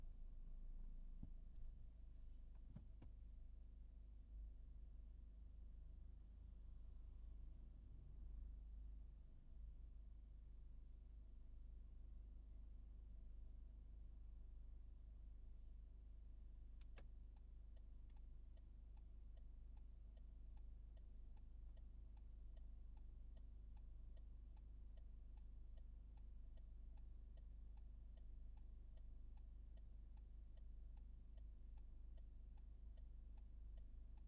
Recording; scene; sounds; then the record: everyday scene through a hearing-aid microphone; in a vehicle; engine idling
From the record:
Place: Berlingo II, diesel engine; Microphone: behind the ear, right, rear